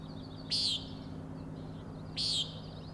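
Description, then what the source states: Common nighthawk giving two loud, buzzy nasal peents about one and a half seconds apart, over faint high chirping and a low steady hum. Three birds giving peenting calls while flying closely in follow-the-leader formation, near the recordist; Overlook, Schoodic Head, Acadia National Park, Winter Harbor, Maine; 16 June 2017, 4am.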